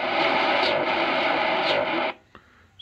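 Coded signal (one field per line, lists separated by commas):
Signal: radar signal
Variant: CODAR ocean radar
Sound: steady radio hiss with two faint swooshing sweeps about a second apart, then it cuts off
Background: radio static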